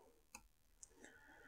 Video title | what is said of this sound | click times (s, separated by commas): Zielfernrohr-Absehen zum System ausrichten | ich merke jetzt ist es hier richtig fest eingerastet und auch jetzt man nach drücken und | 0.4 s, 0.8 s